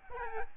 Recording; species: mosquito wingbeat signal from an infrared sensor; Aedes albopictus